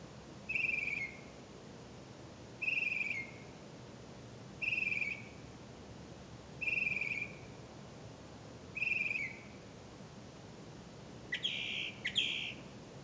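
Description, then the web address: Bird calls: a clear buzzy chirp repeated about every two seconds, five times, followed by two broader rasping notes near the end. "misc bird"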